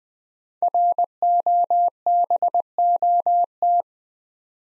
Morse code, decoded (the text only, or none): ROBOT